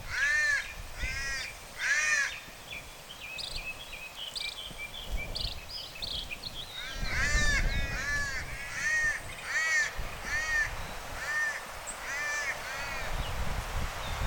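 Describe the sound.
Cuban palm crow giving hoarse caws in short bursts, with thin high chirps from small birds between them and a low rumbling background.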